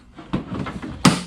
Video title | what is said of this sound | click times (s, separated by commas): The BEST storage solution for YOUR Buddy by the Genuine Scooter company! This K-Max topcase is RIPE | When you hear that audible click, your trunk is now locked in. | 1.0 s